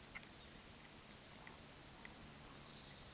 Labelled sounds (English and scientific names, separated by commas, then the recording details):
Eurasian Woodcock (Scolopax rusticola) whistle, Eurasian Woodcock (Scolopax rusticola) croak
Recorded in Baden-Württemberg, Germany, on 11 June 2021 at 20:04 UTC
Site 24606, 635 m above sea level